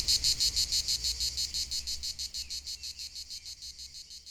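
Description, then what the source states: Cicada song of rapid rasping pulses, gradually fading quieter toward the end. Local cicadas in full activity on a hot summer day at the foot of the Molard de Vions, 39 Rue de Boveron, Vions, France; rhythmic song.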